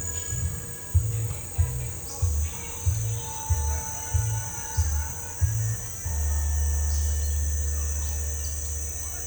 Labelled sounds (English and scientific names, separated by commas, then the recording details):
none
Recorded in pastures near Puerto Asís, Putumayo, Colombia, on 22 December 2024 at 17:30
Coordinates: 0.496, -76.326
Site G004